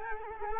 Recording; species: mosquito wingbeat signal from an infrared sensor; Culex quinquefasciatus